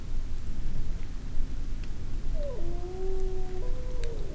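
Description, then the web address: Grey wolf howl starting after two seconds of low rumble, a steady tone that briefly breaks and shifts slightly higher near the end. Adult wolves, Vercors, 28–29 June 2004, various cries. "Florac-28-29-juin cris divers loup loup vercors 2004 adultes"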